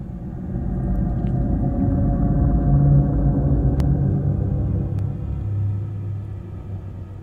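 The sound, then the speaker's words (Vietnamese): Deep, continuous thunder rumbles through steady rain, a low rolling roar that swells and lingers for several seconds before easing slightly, with a couple of faint sharp crackles on top. “Không có tiếng giả nhời, chỉ có tiếng mưa kèm theo tiếng sấm sét đang đì đùng vang lên.”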